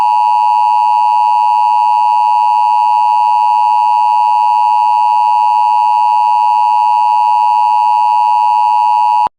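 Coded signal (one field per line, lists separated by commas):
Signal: Emergency Alert System (SAME) tones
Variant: 853 and 960 Hz attention tone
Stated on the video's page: Fictional EAS scenario.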